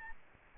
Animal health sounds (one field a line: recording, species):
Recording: mosquito wingbeat signal from an infrared sensor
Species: Aedes albopictus